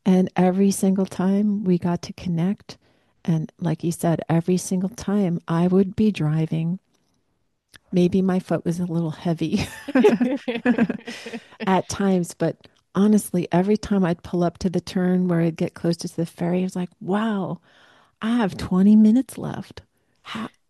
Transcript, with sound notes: And every single time we got to connect, and like you said, every single time I would be driving, maybe my foot was a little heavy-
(laughs)
... at times.
(laughs)
... but honestly, every time I'd pull up to the turn where I'd get closer to the ferry, I was like, "Wow. I have 20 minutes left."